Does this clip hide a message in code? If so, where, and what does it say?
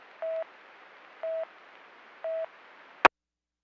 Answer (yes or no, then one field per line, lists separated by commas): no